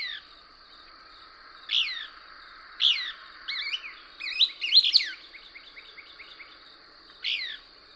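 Couch's Kingbird singing high descending notes that break into a rapid stuttering twitter, with a constant thin hum behind.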